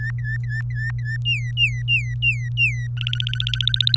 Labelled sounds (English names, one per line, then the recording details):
Domestic Canary song
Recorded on 24 April 2018 at 16:34
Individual llb3